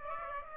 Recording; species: mosquito wingbeat signal from an infrared sensor; Aedes aegypti